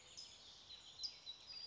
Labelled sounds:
California Towhee (Melozone crissalis)

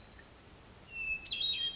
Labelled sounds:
Hermit Thrush (Catharus guttatus)

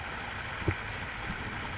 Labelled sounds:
California Towhee (Melozone crissalis)

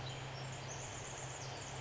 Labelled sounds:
Pacific Wren (Troglodytes pacificus)

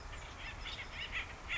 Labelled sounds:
Nuttall's Woodpecker (Dryobates nuttallii)

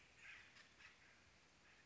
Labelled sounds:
Acorn Woodpecker (Melanerpes formicivorus)

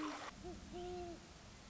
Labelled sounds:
Great Horned Owl (Bubo virginianus)

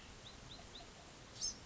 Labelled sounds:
Bewick's Wren (Thryomanes bewickii)

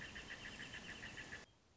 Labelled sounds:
Wrentit (Chamaea fasciata)

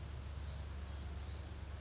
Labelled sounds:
Blue-gray Gnatcatcher (Polioptila caerulea)

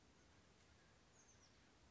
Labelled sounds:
Oak Titmouse (Baeolophus inornatus)

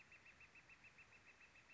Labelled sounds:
Northern Flicker (Colaptes auratus)

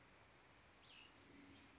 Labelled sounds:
Cassin's Vireo (Vireo cassinii)

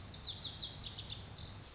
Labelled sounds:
Lazuli Bunting (Passerina amoena)

